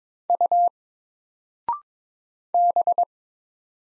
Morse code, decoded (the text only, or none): U B